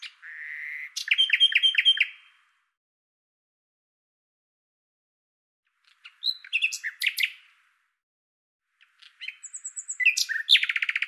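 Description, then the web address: Common nightingale song: a flat whistle, a run of repeated chopped notes, then varied sharp phrases and a rapid trill after long pauses. "Deverinetal 2025"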